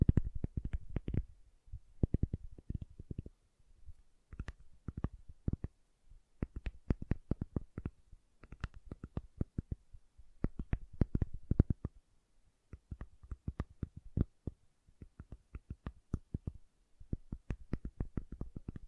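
Tapping on soft and hard soap, with bursts of quick, dry taps in clusters throughout. Each tap is a short knock with a firm low thud and a crisp click on top, separated by brief silent gaps, the rhythm irregular but steady in density.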